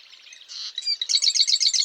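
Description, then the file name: Marsh wren song with a short buzzy intro note, then a rapid series of sharp, gurgling, repeated notes forming a rattling trill. Eastern male marsh wren singing in Massachusetts. "Massachusetts 1 Eastern-male-108 Ma Wr-MA"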